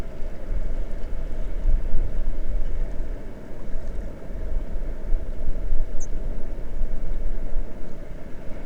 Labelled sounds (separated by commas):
songbird, waterfowl, water